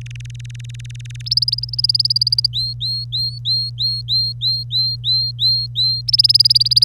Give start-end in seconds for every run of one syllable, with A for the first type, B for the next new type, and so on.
0.01-1.22 A, 1.26-2.47 B, 2.53-6.01 C, 6.08-6.84 B